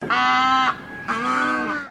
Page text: Birds Ibis Australian White Mixed Honk. Birds from South Australia